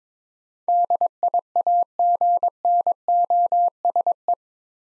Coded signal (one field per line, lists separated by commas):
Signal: Morse code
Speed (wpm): 21 wpm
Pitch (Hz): 700 Hz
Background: none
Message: DIAGNOSE